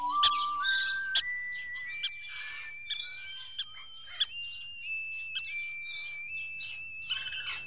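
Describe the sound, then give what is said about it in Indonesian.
Birds chirping busily, with a flurry of high, rapid tweets and trills over a steady rising whistle-like tone; the calls overlap continuously, moderately loud, with no voices. A bird is caught in a snare. “Ada burung terjerat.”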